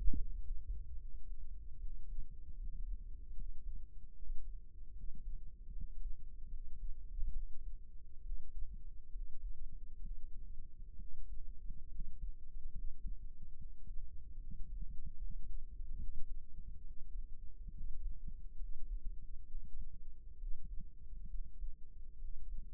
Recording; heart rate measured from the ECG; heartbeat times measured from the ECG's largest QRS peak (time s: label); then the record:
heart sounds by microphone in the right ear; 71 bpm
0.16 s: heartbeat
0.98 s: heartbeat
1.79 s: heartbeat
2.57 s: heartbeat
3.34 s: heartbeat
4.14 s: heartbeat
4.94 s: heartbeat
5.72 s: heartbeat
6.50 s: heartbeat
7.33 s: heartbeat
8.22 s: heartbeat
9.11 s: heartbeat
10.01 s: heartbeat
10.97 s: heartbeat
11.89 s: heartbeat
12.72 s: heartbeat
13.56 s: heartbeat
14.38 s: heartbeat
15.18 s: heartbeat
15.97 s: heartbeat
16.84 s: heartbeat
17.71 s: heartbeat
18.57 s: heartbeat
19.46 s: heartbeat
20.37 s: heartbeat
21.28 s: heartbeat
22.18 s: heartbeat
From the record:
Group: healthy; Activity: cold pressor test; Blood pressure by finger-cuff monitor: 102/71 mmHg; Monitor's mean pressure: 83 mmHg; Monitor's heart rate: 71 bpm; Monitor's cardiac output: 5.8 L/min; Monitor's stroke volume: 81 mL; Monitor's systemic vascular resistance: 1030 dyn s/cm5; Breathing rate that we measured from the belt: 19 breaths a minute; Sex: male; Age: 22 years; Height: 181 cm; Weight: 79 kg